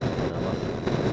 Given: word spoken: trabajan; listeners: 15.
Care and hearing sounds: one Spanish word in noise, from a listening test; noise modulated by three-talker babble; -7.3 dB; 0 of 15; 6 of 15; 0.73 s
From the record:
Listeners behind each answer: 6, 4, 3, 1, 1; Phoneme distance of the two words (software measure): 17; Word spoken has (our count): 3 syllables, 8 phonemes, stress on syllable 2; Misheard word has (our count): 3 syllables, 7 phonemes, stress on syllable 2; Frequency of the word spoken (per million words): 26.92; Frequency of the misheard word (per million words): 507.85

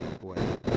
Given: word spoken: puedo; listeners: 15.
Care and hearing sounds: one Spanish word in noise, from a listening test; noise modulated by one talker; -11.2 dB; 0 of 15; 7 of 15; 0.37 s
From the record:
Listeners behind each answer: 7, 1, 1, 1, 1, 1, 1, 1, 1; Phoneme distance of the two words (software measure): 27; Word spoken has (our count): 2 syllables, 5 phonemes, stress on syllable 1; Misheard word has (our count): 2 syllables, 6 phonemes, stress on syllable 1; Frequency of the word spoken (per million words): 126.05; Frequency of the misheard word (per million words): 206.49

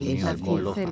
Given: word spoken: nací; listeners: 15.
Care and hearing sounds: one Spanish word in noise, from a listening test; four-talker babble; -1.0 dB; 2 of 15; 7 of 15; 0.52 s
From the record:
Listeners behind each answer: 7, 4, 2, 1, 1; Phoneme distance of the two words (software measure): 38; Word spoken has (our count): 2 syllables, 4 phonemes, stress on syllable 2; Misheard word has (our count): 2 syllables, 6 phonemes, stress on syllable 2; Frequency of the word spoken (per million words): 5.32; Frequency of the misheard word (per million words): 4.10

